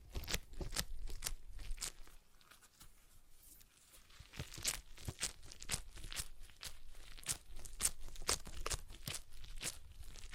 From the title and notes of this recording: ASMR Relaxing Stress Ball Sounds (No Talking).